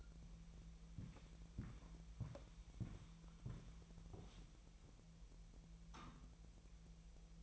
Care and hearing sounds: daily activity, microphone in the room; walk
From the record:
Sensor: 1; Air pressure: 1002.1 hPa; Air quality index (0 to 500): 235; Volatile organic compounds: 89 ppm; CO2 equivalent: 3678 ppm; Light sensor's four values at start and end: 8/19/8/9 and 7/18/7/8

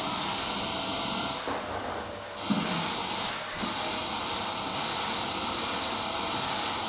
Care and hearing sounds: daily activity, microphone in the room; vacuum cleaning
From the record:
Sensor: 3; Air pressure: 994.4 hPa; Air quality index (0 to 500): 208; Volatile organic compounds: 1000 ppm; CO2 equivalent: 6924 ppm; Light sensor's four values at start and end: 74/173/72/69 and 74/173/72/69

